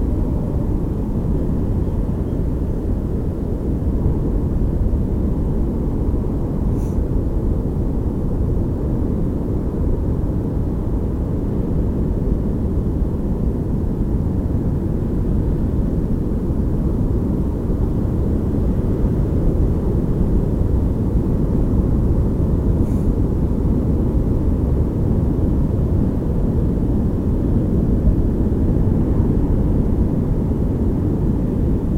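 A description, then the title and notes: A local beach with a steady, deep roar of surf that stays at an even level throughout, dense and low with little brightness. Two faint, brief high ticks come through, around seven seconds and again near twenty-three seconds. High Tide (disquiet0530). Part of a recording I made at a local beach with nothing altered or added.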